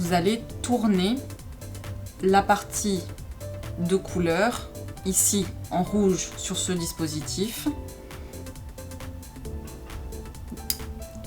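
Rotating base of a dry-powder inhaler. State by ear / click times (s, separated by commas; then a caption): seated / 10.7 s. Someone talks over background music while the red base of a plastic dry-powder inhaler is turned one way and then the other. A sharp click at 10.7 s shows it has seated.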